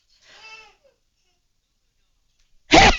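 A soft voiced intake, a pause, then one sudden loud explosive burst: a single sneeze from an adult radio presenter on air.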